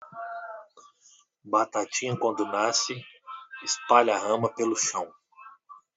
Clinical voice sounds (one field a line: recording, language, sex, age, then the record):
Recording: short text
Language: Brazilian Portuguese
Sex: male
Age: 30 to 39 years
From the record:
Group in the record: control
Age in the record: 33 years